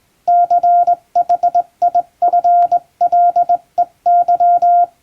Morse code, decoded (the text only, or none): CHIFLEY